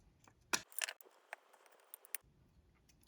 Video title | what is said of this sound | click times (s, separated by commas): Team Associated B7 Build - Bag 2 | so just kind of snapped into place and it's holding it in there just like so | 2.2 s